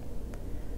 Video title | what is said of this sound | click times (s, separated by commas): How to use an EpiPen | the click means the injection has started | 0.3 s